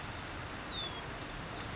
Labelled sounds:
California Towhee
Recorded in Sonoma County, California

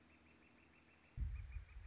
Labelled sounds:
Northern Flicker
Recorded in Sonoma County, California

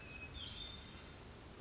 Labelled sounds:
Hermit Thrush
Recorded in Sonoma County, California

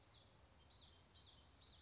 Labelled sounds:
Common Yellowthroat
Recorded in Sonoma County, California

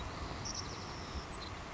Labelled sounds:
Savannah Sparrow
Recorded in Sonoma County, California

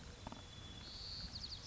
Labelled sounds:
White-crowned Sparrow
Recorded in Sonoma County, California

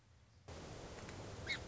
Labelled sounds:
Song Sparrow
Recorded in Sonoma County, California

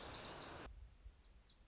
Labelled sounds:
Lazuli Bunting
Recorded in Sonoma County, California

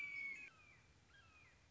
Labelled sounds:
Red-shouldered Hawk
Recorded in Sonoma County, California

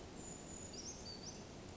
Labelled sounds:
Brown Creeper
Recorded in Sonoma County, California

